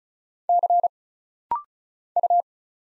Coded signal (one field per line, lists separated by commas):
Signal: Morse code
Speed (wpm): 36 wpm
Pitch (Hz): 700 Hz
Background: none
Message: C U